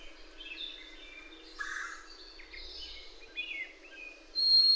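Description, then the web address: Soft bird chirps and slurred whistles over steady background hiss, ending with a louder, sustained high whistle. "birdsong 17"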